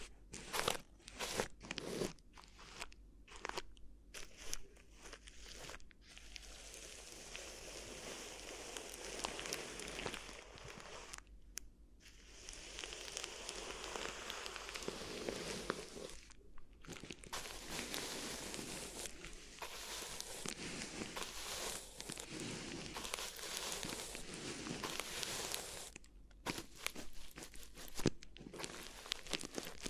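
Crinkly crumpling and crackling sounds fill most of the clip. They come in dense, bright bursts that swell and ease, with short near-silent gaps around 5, 11, 17 and 26 seconds. The start is choppier, with quick separate crinkles before the texture becomes more continuous.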